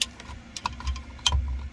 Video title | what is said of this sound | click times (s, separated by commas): FORD 360° CAMERA feature - HOW TO - control YOUR cameras ALL the time F150 F250 F350 F450 | actually popped out | 0.0 s